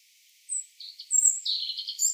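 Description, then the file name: European robin song with high sweet whistles and a lower warbling run, ending as another high phrase starts. "Erithacus rubecula"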